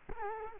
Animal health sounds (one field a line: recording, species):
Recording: mosquito wingbeat signal from an infrared sensor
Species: Culex quinquefasciatus